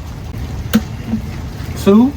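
A torque wrench tightens the second 8mm bolt on a replacement intake manifold for a leaking one on a Mercury Grand Marquis 4.6L engine. The wrench gives a sharp click at 0.7 s, and someone talks over a low background. The click confirms the bolt is torqued down to the setting.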